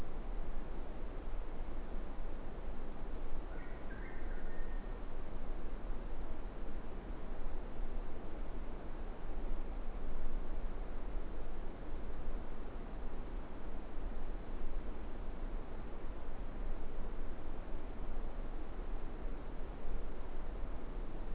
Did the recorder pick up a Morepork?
no